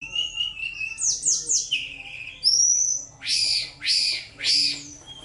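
Bird song with a steady whistle, a triplet of descending slurred notes, then three loud harsh downward-sweeping calls.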